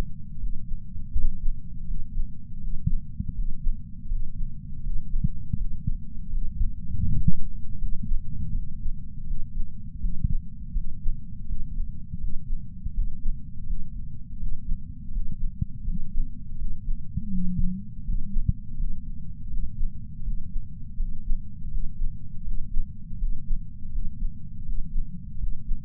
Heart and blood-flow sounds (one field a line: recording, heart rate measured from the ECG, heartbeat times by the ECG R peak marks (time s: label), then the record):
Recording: heart sounds by patch sensor on the chest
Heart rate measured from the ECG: 82 bpm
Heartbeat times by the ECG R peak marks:
0.38 s: heartbeat
1.12 s: heartbeat
1.86 s: heartbeat
2.59 s: heartbeat
3.34 s: heartbeat
4.08 s: heartbeat
4.82 s: heartbeat
5.56 s: heartbeat
6.30 s: heartbeat
7.04 s: heartbeat
7.78 s: heartbeat
8.52 s: heartbeat
9.26 s: heartbeat
10.00 s: heartbeat
10.73 s: heartbeat
11.46 s: heartbeat
12.19 s: heartbeat
12.93 s: heartbeat
13.66 s: heartbeat
14.38 s: heartbeat
15.11 s: heartbeat
15.84 s: heartbeat
16.57 s: heartbeat
17.30 s: heartbeat
18.03 s: heartbeat
18.76 s: heartbeat
19.49 s: heartbeat
20.22 s: heartbeat
20.96 s: heartbeat
21.70 s: heartbeat
22.43 s: heartbeat
23.17 s: heartbeat
23.91 s: heartbeat
24.64 s: heartbeat
25.38 s: heartbeat
From the record:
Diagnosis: coronary artery disease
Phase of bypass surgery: postoperative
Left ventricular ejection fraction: 59.1%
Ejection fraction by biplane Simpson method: 55%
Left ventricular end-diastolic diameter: 46 mm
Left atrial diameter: 34 mm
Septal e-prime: 8 cm/s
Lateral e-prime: 6.5 cm/s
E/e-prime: 8.7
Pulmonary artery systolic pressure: 22 mmHg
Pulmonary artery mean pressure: 11 mmHg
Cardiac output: 4.38 L/min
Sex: male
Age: 58 years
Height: 160 cm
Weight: 70 kg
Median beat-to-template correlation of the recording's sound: 0.85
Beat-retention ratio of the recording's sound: 0.99